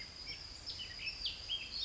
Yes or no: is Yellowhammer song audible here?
no